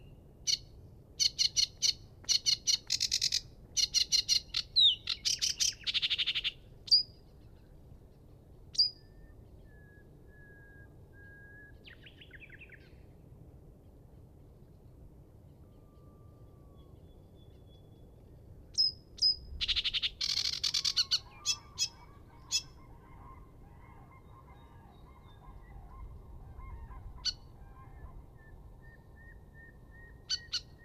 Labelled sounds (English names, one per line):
Sedge Warbler song